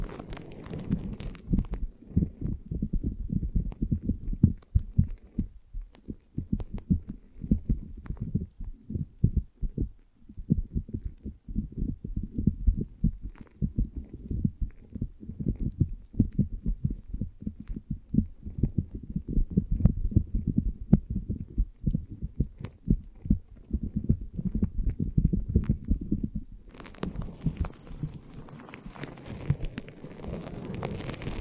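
A foamy, sticky massage sound: a dense, steady run of low, muffled squishes and soft thumps crowding together with little pause for most of the half minute. Near the end, around 27 seconds, a brighter hissing rush joins in for a few seconds.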